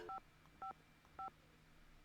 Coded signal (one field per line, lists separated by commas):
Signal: DTMF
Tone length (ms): 110 ms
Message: 555